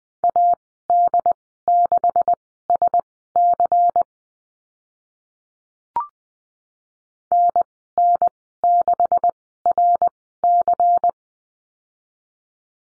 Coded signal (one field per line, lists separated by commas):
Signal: Morse code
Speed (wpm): 20 wpm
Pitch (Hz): 700 Hz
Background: none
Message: AD6SC NN6RC